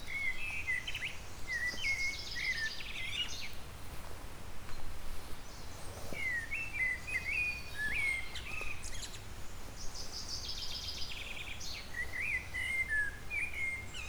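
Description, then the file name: Eurasian blackbird singing mellow warbled phrases capped by high, harsh twittering, a few phrases spaced seconds apart, with a low hum behind. "Turdus merula"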